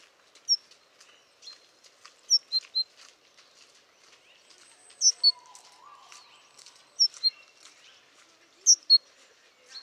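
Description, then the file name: Great tit song: loud two-note phrases, high then lower, repeated at irregular intervals, over faint chirps and twitters from other birds. "Parus major"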